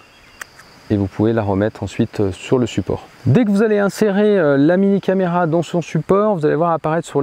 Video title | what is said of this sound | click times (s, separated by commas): Insta360 GO2 - TUTO POUR DEBUTANTS - Filmer facilement avec une caméra d'action | Si vous voulez retirer la caméra de son support, il faut tenir ici l'objectif et tirer assez fort pour libérer l'aimant | 0.4 s